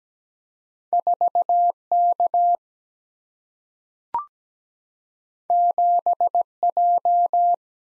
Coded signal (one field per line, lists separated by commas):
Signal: Morse code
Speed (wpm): 17 wpm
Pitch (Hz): 700 Hz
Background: none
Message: 4 K 7 J